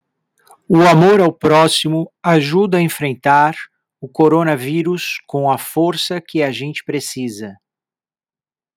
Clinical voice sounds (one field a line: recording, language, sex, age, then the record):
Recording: spoken sentence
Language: Brazilian Portuguese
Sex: male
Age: 50 to 59 years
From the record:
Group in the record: control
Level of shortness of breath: 0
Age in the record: 58 years